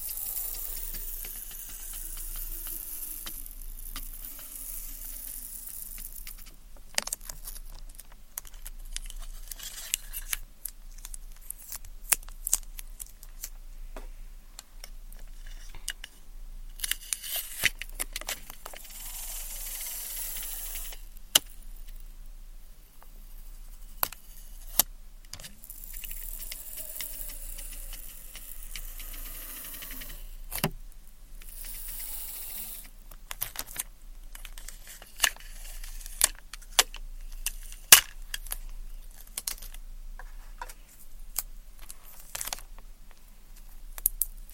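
Ear cleaning with tweezers: a quiet run of soft sticky clicks, scrapes and crackles, irregular and frequent throughout. Bright hissy bursts, like spray bottle sprays, come around 7, 17, 21 and 30 seconds, over a steady low hum.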